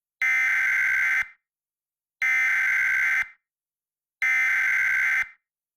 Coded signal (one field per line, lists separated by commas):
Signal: Emergency Alert System (SAME) tones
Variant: header bursts